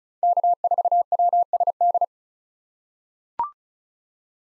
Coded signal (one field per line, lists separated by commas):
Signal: Morse code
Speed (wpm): 36 wpm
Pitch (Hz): 700 Hz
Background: none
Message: K4WSD